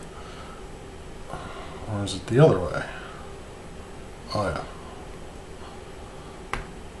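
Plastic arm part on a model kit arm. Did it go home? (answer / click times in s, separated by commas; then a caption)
yes / 6.5 s. Someone talks while a plastic part is pushed onto the arm assembly of an EMS-10 Zudah model kit. A sharp, short click is heard at 6.5 s as the arm part seats into place.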